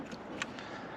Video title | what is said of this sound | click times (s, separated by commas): Mercedes SL Trunk Boot Soft Close Actuator: Removal - Repair - Replace - Reset! + Secret Panel Trick | There's a click there, and | 0.4 s